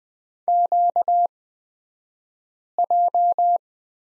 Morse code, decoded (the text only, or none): QJ